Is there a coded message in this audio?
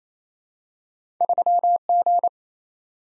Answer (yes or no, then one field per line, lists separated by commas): yes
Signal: Morse code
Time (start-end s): 1.2-2.3 s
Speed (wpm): 29 wpm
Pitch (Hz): 700 Hz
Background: none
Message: 3G